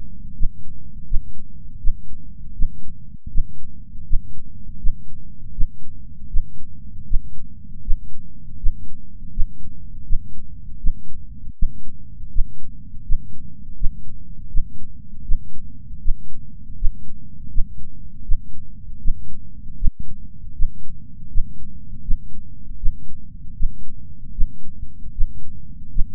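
An adult heartbeat heard through a stethoscope, low-pitched beats repeating at about 80 per minute.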